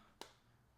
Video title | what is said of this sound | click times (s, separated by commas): The BEST VERSION SO FAR! - Pitaka MagEZ 5 Case for iPhone 15 Pro Max | third and fourth so you've got four great clicks | 0.2 s